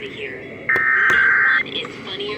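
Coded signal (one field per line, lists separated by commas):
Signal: Emergency Alert System (SAME) tones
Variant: header bursts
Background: speech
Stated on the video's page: Ohio required monthly test.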